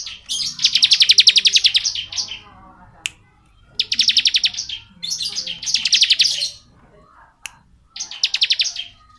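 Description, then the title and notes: Bar-winged prinia delivering fast, rattling high-pitched trills in one-second bursts, separated by brief gaps and a few isolated clicks. Bar-winged prinia singing in the 'ngebren' style; recording used as training (masteran) audio for white-rumped shamas (murai batu). "Ciblek Ngebren Untuk Masteran Murai Batu. Suara burung ciblek - Suara Nada"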